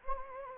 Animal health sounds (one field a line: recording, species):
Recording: mosquito wingbeat signal from an infrared sensor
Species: Anopheles gambiae